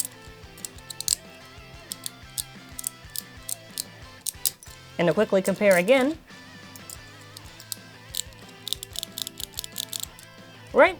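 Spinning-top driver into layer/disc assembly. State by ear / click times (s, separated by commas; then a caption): seated / 1.1 s, 2.4 s, 2.9 s, 4.3 s, 4.5 s. A plastic dash-type spinning-top driver is twisted onto a spinning-top layer, passing its burst-resistance teeth with loud clicks at 1.1, 1.1, 2.4, 2.9, 4.3 and 4.5 seconds until it is seated. Music plays in the background throughout, and someone talks briefly partway through and again at the end.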